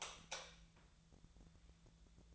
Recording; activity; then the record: daily activity, microphone in the room; light off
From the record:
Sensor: 3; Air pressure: 1000.0 hPa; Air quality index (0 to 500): 124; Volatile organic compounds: 2 ppm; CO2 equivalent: 1111 ppm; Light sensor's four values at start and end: 48/122/52/57 and 45/114/49/54